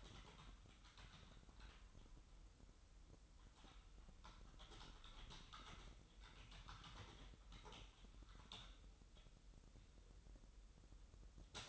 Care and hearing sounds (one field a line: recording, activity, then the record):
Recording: daily activity, microphone in the room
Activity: typing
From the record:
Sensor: 3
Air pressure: 988.8 hPa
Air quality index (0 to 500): 205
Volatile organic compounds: 442 ppm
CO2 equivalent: 4738 ppm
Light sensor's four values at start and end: 25/81/33/30 and 25/81/33/30